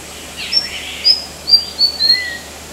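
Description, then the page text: White-throated fantail song: a run of five thin, high whistled notes stepping slightly down in pitch, with a softer lower note near the end, over quiet background hiss. Recorded at park headquarters, Kinabalu Park, Borneo, on 14 August 2009. "Sound of White-throated Fantail at HQ, Kinabalu Park by NELSON, Mike"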